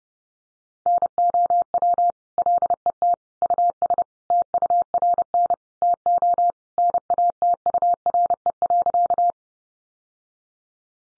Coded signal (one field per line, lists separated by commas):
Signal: Morse code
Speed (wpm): 30 wpm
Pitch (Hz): 700 Hz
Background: none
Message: NOW LET US TURN TO NATURE.